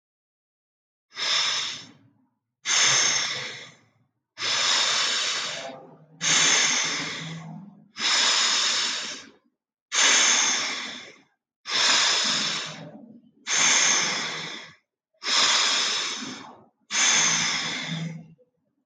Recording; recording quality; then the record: deep breathing; excellent, no background noise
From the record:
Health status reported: healthy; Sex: male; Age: 25 years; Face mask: not worn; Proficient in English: yes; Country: India